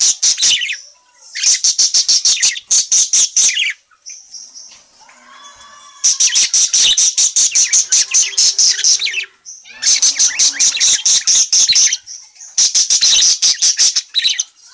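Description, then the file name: Parakeet calls: long rapid strings of piercing chirps in several bursts, with faint soft warbling during a pause midway. Calling parakeet, described as gacor, meaning in full, lively voice. "suara burung parkit gacor memanggil"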